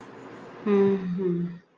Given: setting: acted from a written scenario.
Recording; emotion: vocal sound without words; sadness